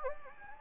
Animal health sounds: mosquito wingbeat signal from an infrared sensor; Anopheles gambiae

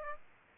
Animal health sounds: mosquito wingbeat signal from an infrared sensor; Aedes aegypti

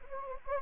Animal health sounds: mosquito wingbeat signal from an infrared sensor; Anopheles gambiae

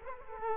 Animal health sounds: mosquito wingbeat signal from an infrared sensor; Culex quinquefasciatus

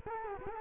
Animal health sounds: mosquito wingbeat signal from an infrared sensor; Culex quinquefasciatus

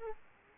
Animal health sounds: mosquito wingbeat signal from an infrared sensor; Aedes aegypti

